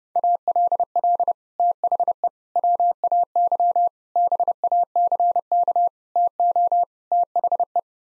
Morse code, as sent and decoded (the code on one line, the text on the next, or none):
.- .-.. .-.. / - .... . / .-- .- -.-- / -... .- -.-. -.- / - --- / - .... .
ALL THE WAY BACK TO THE